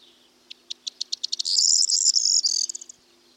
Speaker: Male corn buntings are often seen perched on top of bushes, singing loudly, a song that sounds like a jangling set of keys.